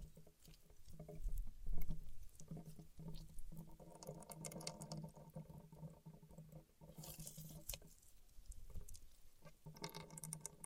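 Paraffin wax being peeled, tapped and scratched: a busy, continuous run of dry crackles and small taps, with a brief bright scraping burst near eight seconds.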